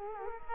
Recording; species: mosquito wingbeat signal from an infrared sensor; Culex quinquefasciatus